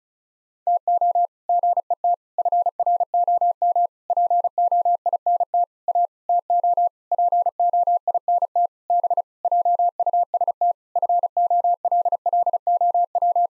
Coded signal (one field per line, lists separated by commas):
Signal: Morse code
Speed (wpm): 36 wpm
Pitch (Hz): 700 Hz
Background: none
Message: TO GET FROM POINT A TO POINT B JUST FOLLOW